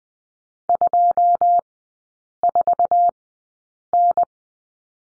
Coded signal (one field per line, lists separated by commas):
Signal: Morse code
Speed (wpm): 20 wpm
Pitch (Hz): 700 Hz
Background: none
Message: 2 4 N